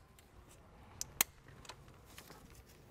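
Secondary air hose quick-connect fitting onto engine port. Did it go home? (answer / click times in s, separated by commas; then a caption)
yes / 1.0 s, 1.2 s. The plastic quick-connect end of the secondary air hose is pushed onto its port on the engine of a Mk4 Volkswagen Golf GTI (1998–2006 VW Beetle, Jetta, Golf) during a thermostat replacement. Two sharp snaps are heard at 1.0 s and a louder one at 1.2 s, followed by a few faint ticks over a quiet background. The fitting snaps on and is seated.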